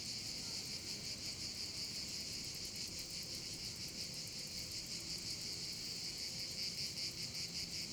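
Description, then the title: Cicadas singing in a dense, continuous high buzz that pulses rapidly and unevenly, with a faint low rumble underneath. Several cicadas over the Vallo di Diano valley near Padula, Italy; recorded with a Zoom H6 and mid-side microphone capsule. "Geoparco Padula - Cicale sulla valle del Diano"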